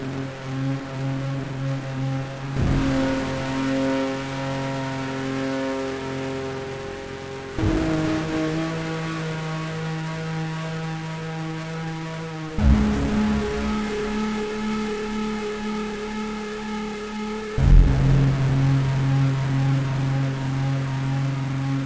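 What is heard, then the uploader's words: A sustained drone built from steady stacked tones, with no gaps. Roughly every five seconds, near 2.5, 7.5, 12.5 and 17.5 seconds, a sharp attack shifts it to a new pitch. The level steps up gradually, loudest in the final section. Drifting noise. Escalating drone noise. Made with Renoise.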